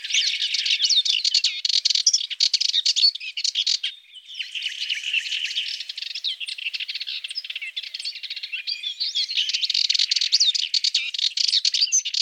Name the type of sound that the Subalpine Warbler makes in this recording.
song